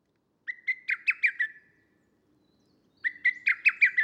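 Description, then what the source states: Lesser cuckoo: two short bursts of rapid, sharp notes, each about a second long and separated by a pause of more than a second. Recorded 25 June 2010.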